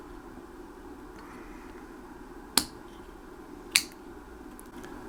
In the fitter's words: and snaps in place yes and yeah there we go it's reinserted